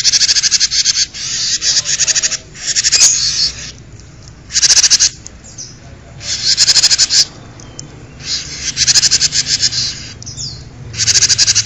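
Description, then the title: Bird song in repeated bursts of fast, scratchy, high chattering, each about a second long and separated by short pauses, continuing steadily through the recording. "kikicau"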